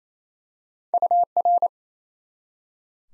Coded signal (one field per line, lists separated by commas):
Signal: Morse code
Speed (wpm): 28 wpm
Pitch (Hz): 700 Hz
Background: none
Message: UR